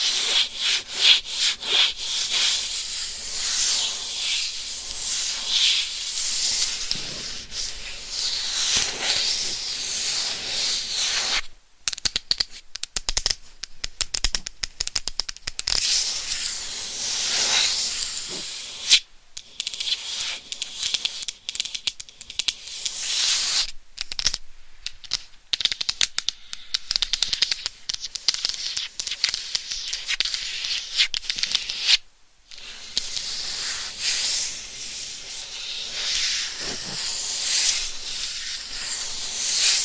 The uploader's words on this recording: ASMR Binaural Mic Scratching & Tapping for 100% SLEEP No Talking with Long Nails.